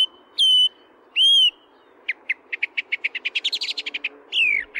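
Song thrush song: two drawn-out whistles, then a fast run of short sharp notes climbing slightly, ending in a rough downward phrase.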